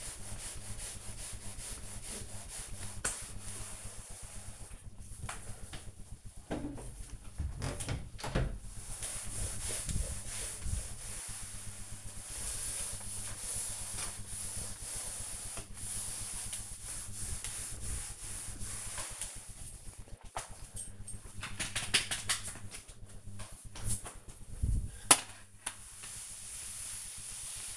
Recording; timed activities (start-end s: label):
household activities, microphone on the right wrist
0.00-27.77 s: floor cleaning